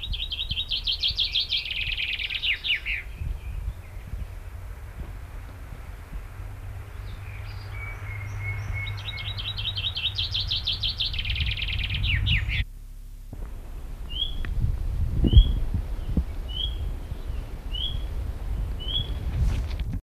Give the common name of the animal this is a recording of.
Common Chaffinch